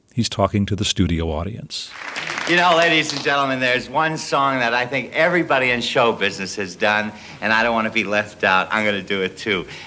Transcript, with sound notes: He's talking to the studio audience.
(SOUNDBITE OF TELEVISION PROGRAM) (APPLAUSE) You know, ladies and gentlemen, there's one song that I think everybody in show business has done and I don't want to be left out, I'm going to do it too.